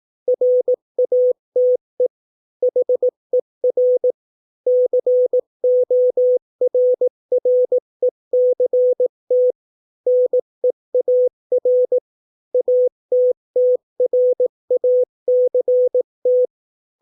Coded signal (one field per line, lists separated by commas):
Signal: Morse code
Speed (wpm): 18 wpm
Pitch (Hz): 500 Hz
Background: none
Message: RATE HER CORRECT NEAR ATTRACT